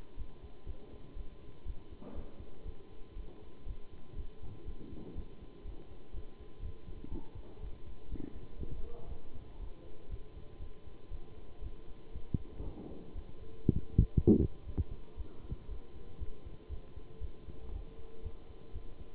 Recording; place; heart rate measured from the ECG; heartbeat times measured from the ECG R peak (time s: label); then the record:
heart sounds by stethoscope; between the tricuspid and mitral areas; 120 bpm
0.16 s: heartbeat
0.66 s: heartbeat
1.15 s: heartbeat
1.65 s: heartbeat
2.14 s: heartbeat
2.65 s: heartbeat
3.15 s: heartbeat
3.65 s: heartbeat
4.15 s: heartbeat
4.65 s: heartbeat
5.14 s: heartbeat
5.64 s: heartbeat
6.13 s: heartbeat
6.61 s: heartbeat
7.10 s: heartbeat
7.60 s: heartbeat
8.09 s: heartbeat
8.58 s: heartbeat
9.08 s: heartbeat
9.58 s: heartbeat
10.09 s: heartbeat
10.59 s: heartbeat
11.10 s: heartbeat
11.61 s: heartbeat
12.12 s: heartbeat
12.63 s: heartbeat
13.14 s: heartbeat
13.65 s: heartbeat
14.15 s: heartbeat
14.66 s: heartbeat
15.16 s: heartbeat
15.67 s: heartbeat
16.18 s: heartbeat
16.69 s: heartbeat
17.20 s: heartbeat
17.71 s: heartbeat
18.22 s: heartbeat
18.72 s: heartbeat
From the record:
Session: Bruce protocol treadmill stress test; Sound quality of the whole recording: good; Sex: male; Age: 23 years